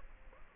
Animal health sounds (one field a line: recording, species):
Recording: mosquito wingbeat signal from an infrared sensor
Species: Aedes aegypti